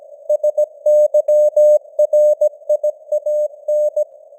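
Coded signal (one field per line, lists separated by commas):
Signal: Morse code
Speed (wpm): 17 wpm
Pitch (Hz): 600 Hz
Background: none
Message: SYRIAN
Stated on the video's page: Simulated news headlines in Morse at 17 wpm with simulated radio noise and varying signal strength (QSB).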